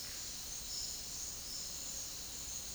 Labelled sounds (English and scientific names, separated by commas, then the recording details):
none
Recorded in secondary vegetation near Puerto Asís, Putumayo, Colombia, on 20 February 2024 at 09:00
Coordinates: 0.481, -76.323
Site G6376